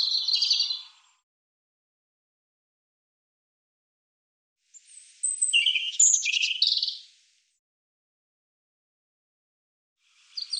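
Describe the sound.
European robin delivering short bursts of high, jumbled warbling song, with long silent gaps between phrases; nothing else audible.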